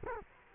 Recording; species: mosquito wingbeat signal from an infrared sensor; Culex quinquefasciatus